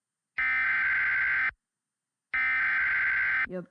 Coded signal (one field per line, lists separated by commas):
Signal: Emergency Alert System (SAME) tones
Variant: header bursts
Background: speech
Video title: EAS Mock Making 101 - EASyPLUS Tones